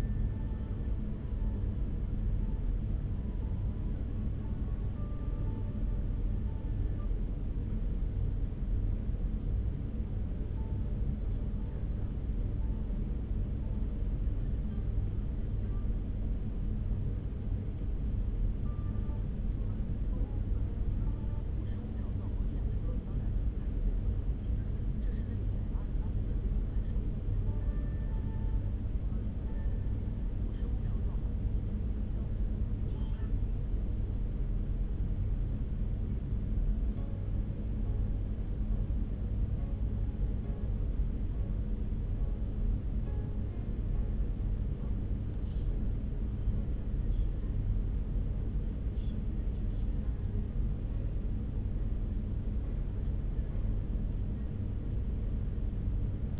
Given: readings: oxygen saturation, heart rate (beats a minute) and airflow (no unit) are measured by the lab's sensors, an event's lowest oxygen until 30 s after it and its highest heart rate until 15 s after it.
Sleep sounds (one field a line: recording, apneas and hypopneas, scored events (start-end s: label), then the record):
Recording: a person awake in a sleep study, by a smartphone at the bedside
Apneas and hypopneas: none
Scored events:
0.00-56.39 s: awake
From the record:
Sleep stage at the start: awake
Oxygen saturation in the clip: 95%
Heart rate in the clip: 73 to 78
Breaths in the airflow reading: 16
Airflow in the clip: -2.2 to 2.9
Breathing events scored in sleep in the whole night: 335 in 6.7 hours asleep